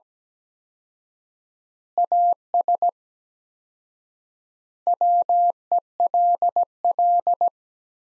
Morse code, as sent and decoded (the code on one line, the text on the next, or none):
.- ... / .-- . .-.. .-..
AS WELL